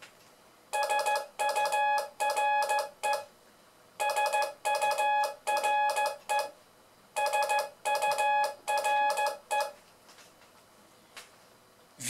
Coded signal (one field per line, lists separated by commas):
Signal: Morse code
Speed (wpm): 15 wpm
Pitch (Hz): 840 Hz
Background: none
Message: SURE SURE SURE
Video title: complément de : '' le morse c est facile''